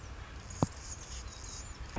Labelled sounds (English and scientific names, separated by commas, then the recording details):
Anna's Hummingbird (Calypte anna)
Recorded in Sonoma County, California